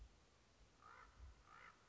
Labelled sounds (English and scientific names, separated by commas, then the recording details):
Common Raven (Corvus corax)
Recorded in Sonoma County, California